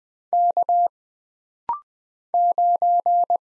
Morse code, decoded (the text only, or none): K 9